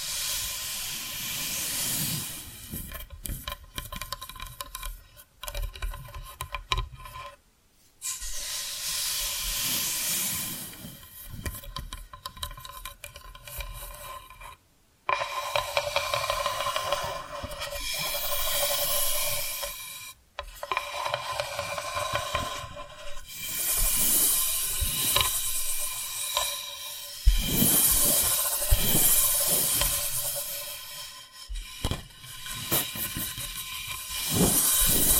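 Tapping and scratching fill the recording with a dense, bright hiss of rough scraping over steady layered tones. Short silences break it up near 5, 7, 15, 20 and 27 seconds, and quick clicking taps cluster in the later half.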